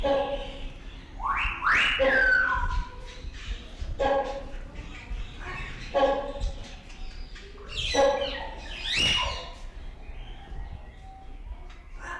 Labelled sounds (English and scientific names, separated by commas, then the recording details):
Great Hornbill (Buceros bicornis) call
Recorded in captivity
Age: adult
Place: Zoo Berlin, Berlin, DE
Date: 1994-03-12 11:17
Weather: leichter Regen, 7°C
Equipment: Marantz CP 430, Sennheiser ME 80, Kopie Uher Variocord 263
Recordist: Tembrock, Günter